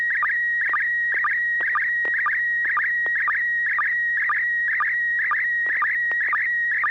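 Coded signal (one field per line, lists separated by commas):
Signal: SSTV (slow-scan television)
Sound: steady warbling high tone with a short low chirp about twice a second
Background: low hum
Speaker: carol will have a chance to take a look at the picture and give us some comments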